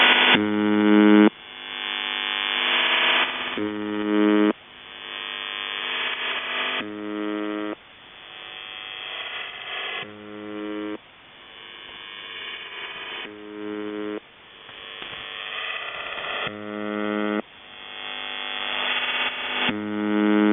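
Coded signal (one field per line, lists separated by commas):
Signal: channel marker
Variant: UVB-76, CIS-12 modem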